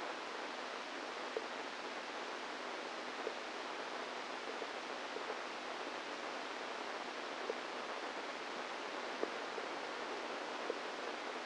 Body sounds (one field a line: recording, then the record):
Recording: brain microelectrode recording played as sound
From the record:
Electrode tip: inside the subthalamic nucleus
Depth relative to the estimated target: -2 mm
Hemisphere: right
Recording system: NeuroSet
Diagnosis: Parkinson's disease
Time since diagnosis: 10 years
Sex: female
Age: 45 years